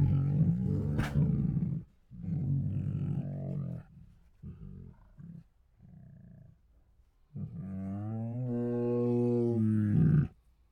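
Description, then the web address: Tiger huffing in short, gruff bursts, then a long, rising and falling harmonic groan lasting about three seconds. Hungry tiger; groans, huffs and moans. "Sound Ideas Tigers"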